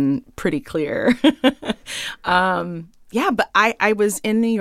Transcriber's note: laughter